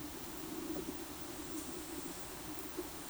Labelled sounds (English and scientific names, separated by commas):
none